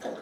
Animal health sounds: pig call; piglet (1 to 25 days)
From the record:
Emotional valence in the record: negative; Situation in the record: fighting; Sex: male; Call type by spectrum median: low-frequency call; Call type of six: mixed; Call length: 0.22 s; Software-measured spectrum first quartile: 443 Hz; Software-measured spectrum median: 619 Hz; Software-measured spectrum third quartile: 1055 Hz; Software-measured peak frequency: 513 Hz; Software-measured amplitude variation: 139 dB a second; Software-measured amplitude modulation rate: 13.8 a second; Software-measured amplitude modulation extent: 10.1 dB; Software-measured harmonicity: 1.9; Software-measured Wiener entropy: -0.75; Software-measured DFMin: 1511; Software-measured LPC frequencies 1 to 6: 590, 1659, 3580, 4885, 6127, 7997 Hz

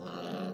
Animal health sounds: pig call; piglet (1 to 25 days)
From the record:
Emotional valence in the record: negative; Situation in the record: long isolation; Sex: female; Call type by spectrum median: low-frequency call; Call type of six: low-frequency modulated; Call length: 0.54 s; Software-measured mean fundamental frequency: 88 Hz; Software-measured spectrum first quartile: 253 Hz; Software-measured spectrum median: 503 Hz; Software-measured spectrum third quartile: 1106 Hz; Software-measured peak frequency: 192 Hz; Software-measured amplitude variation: 94 dB a second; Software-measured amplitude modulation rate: 25.9 a second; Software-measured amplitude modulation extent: 3.6 dB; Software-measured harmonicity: 1.2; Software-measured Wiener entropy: -0.74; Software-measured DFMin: 1239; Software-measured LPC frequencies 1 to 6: 499, 1303, 2869, 4157, 5571, 6463 Hz

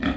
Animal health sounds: pig call; growing-finishing pig (85 days or more)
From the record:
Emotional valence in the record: negative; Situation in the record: barren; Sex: female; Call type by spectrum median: low-frequency call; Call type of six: low-frequency stable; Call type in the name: low-frequency stable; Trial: 1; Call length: 0.17 s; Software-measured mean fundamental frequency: 64 Hz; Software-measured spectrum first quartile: 231 Hz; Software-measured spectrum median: 492 Hz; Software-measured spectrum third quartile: 1620 Hz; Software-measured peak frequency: 260 Hz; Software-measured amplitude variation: 158 dB a second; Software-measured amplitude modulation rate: 21.1 a second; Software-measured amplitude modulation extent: 7.5 dB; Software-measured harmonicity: 2.0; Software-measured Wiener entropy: -1.84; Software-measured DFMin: 712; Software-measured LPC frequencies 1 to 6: 304, 1278, 1808, 2412, 3328, 7379 Hz

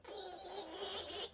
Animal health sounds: pig call; piglet (1 to 25 days)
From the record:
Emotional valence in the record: negative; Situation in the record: restrain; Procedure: back test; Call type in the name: high-frequency call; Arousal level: maximum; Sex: female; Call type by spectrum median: high-frequency call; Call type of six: high-frequency stable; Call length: 1.33 s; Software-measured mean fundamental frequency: 386 Hz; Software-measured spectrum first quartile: 5635 Hz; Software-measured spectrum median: 7981 Hz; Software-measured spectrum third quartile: 9770 Hz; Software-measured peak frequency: 8399 Hz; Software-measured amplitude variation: 136 dB a second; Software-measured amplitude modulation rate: 18.0 a second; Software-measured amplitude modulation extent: 7.6 dB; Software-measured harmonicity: 2.8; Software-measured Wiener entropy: -2.20

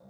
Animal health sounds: pig call; piglet (1 to 25 days)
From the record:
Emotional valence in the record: negative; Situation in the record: long isolation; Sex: female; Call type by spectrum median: low-frequency call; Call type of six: low-frequency stable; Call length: 0.10 s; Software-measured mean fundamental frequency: 48 Hz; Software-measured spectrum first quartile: 189 Hz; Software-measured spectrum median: 348 Hz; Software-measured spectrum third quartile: 643 Hz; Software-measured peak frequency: 194 Hz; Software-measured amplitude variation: 54 dB a second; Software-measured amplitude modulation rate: 14.8 a second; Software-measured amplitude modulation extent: 3.6 dB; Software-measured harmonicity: 3.7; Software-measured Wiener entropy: 0.34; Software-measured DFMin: 1126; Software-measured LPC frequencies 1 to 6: 593, 3623, 5007, 6663, 8142, 9182 Hz

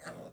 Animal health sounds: pig call; piglet (1 to 25 days)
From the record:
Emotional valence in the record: negative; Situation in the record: castration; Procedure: castration, fixation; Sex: male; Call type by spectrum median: low-frequency call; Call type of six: low-frequency tonal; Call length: 0.33 s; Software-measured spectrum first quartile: 453 Hz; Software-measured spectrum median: 898 Hz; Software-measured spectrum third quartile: 2328 Hz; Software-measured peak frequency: 619 Hz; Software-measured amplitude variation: 116 dB a second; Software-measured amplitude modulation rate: 13.8 a second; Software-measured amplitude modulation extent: 8.4 dB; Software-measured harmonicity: 1.1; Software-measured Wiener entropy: -1.70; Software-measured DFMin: 1277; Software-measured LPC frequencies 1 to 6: 584, 1441, 2796, 4469, 7489, 8564 Hz

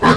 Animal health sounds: pig call; piglet (1 to 25 days)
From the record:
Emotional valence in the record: positive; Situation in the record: reunion after long isolation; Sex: female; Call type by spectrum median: low-frequency call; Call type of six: low-frequency tonal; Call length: 0.17 s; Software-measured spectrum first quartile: 297 Hz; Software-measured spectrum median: 769 Hz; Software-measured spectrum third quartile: 1300 Hz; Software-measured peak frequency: 1028 Hz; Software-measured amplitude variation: 90 dB a second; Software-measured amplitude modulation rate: 14.7 a second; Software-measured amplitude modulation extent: 6.1 dB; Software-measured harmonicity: 0.6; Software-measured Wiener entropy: -1.02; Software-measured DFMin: 976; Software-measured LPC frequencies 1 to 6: 1056, 1651, 3267, 3978, 4552, 5300 Hz

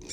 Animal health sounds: pig call; weaner (32 to 43 days)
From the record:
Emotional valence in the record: negative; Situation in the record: novel object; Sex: female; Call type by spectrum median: high-frequency call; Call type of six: high-frequency modulated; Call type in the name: high-frequency modulated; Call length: 0.13 s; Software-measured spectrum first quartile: 731 Hz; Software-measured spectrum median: 4020 Hz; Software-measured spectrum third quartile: 6365 Hz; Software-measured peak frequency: 5539 Hz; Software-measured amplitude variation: 138 dB a second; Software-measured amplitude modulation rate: 19.6 a second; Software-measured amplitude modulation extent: 7.0 dB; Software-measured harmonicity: 4.0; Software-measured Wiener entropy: -2.79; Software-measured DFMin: 674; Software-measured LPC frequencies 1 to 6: 385, 2337, 3635, 4728, 5538, 6976 Hz

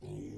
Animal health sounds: pig call; weaner (32 to 43 days)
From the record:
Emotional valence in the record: positive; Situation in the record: positive conditioning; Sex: female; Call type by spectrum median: low-frequency call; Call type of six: low-frequency stable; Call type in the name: low-frequency stable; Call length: 0.38 s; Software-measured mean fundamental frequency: 50 Hz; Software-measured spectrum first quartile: 146 Hz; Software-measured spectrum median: 270 Hz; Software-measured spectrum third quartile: 429 Hz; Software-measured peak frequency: 363 Hz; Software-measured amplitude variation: 117 dB a second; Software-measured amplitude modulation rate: 35.8 a second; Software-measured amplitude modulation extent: 3.3 dB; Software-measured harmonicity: 1.2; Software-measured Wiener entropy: 0.36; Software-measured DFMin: 1001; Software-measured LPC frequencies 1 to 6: 323, 2193, 3335, 4122, 5221, 5866 Hz

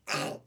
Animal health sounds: pig call; piglet (1 to 25 days)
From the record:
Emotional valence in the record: negative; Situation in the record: restrain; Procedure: back test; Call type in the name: low-frequency call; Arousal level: medium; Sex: male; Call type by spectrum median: low-frequency call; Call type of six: low-frequency tonal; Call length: 0.47 s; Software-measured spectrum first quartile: 727 Hz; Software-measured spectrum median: 1761 Hz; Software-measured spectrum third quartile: 3849 Hz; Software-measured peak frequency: 582 Hz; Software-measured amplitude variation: 198 dB a second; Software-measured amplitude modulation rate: 17.2 a second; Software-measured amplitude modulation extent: 11.5 dB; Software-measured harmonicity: -1.8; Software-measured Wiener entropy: -2.22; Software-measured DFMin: 686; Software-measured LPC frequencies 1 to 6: 634, 1381, 2655, 4543, 5113, 6699 Hz

